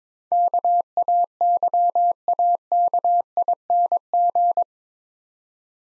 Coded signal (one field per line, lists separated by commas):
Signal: Morse code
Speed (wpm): 22 wpm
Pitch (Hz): 700 Hz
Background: none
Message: KAYAKING